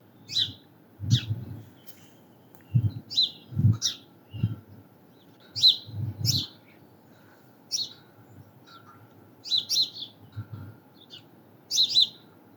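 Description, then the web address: House sparrow chirping, short sharp notes in loose clusters of two or three, pausing between bursts, over low thudding rumbles. Recorded at Allihies. "Passer-Domesticus allihies"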